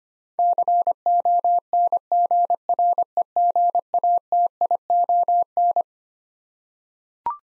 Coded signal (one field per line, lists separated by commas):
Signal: Morse code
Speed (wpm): 25 wpm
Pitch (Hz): 700 Hz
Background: none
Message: CONGREGATION